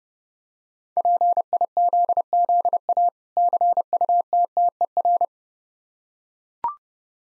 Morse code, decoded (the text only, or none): PIZZA CUTTER